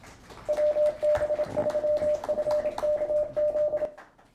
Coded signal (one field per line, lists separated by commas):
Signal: Morse code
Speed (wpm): 27 wpm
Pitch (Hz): 600 Hz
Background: none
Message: WB3FKZ